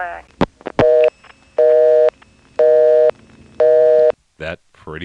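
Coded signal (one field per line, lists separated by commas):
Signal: telephone call progress tone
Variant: North America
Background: speech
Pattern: busy tone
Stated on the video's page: Call progress tone from step-by-step exchanges in Kenly and Clayton NC, March 1977.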